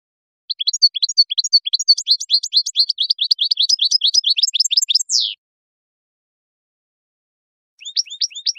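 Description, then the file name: European goldfinch song: a fast, bright twittering run of high, tinkling notes for about five seconds, ending in a buzzy slur, then a short burst resumes after a pause. "Jilguero"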